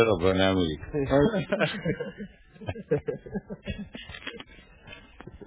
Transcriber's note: everyone laughs